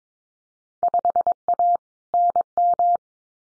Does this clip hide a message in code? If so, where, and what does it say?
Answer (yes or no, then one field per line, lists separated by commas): yes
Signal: Morse code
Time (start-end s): 0.8-3.0 s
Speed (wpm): 22 wpm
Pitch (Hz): 700 Hz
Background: none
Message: 5A NM